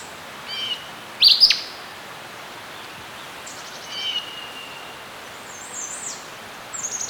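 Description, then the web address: Birds chirping in short high bursts, a loud double chirp near the start and softer tweets scattered around it, over a steady hiss of background noise. Serene forest setting. "Dr Sound Effects. Birds Chirping In a Serene Forest"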